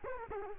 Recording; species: mosquito wingbeat signal from an infrared sensor; Culex quinquefasciatus